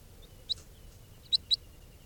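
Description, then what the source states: Crossbill calls: three short high chips, one near half a second and a close pair after one second, over faint steady background hiss. Juvenile, held in captivity just after being caught from a flock, at 8:39.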